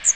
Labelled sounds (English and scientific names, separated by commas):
Magnolia Warbler (Setophaga magnolia) flight call